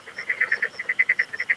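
Frog call: a rapid, even series of short pulsed notes, about ten per second, steady in pitch, with no other clear sounds.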